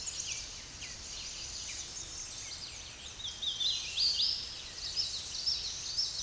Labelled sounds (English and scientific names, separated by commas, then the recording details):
Hooded Warbler (Setophaga citrina) song
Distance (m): 50 m
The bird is about 10 m above the microphone
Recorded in a Pennsylvania forest on 16 May 2024 at 07:27
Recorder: AudioMoth, point MSD-1293
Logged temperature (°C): 12.0 °C
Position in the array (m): 10 m, 152 m